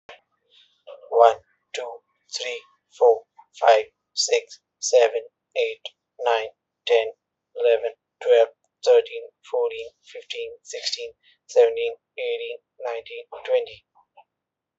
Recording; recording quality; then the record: counting at a normal pace; excellent, no background noise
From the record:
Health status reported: exposed to COVID-19, no respiratory illness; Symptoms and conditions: none ticked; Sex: male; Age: 30 years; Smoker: not ticked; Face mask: not worn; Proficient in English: yes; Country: India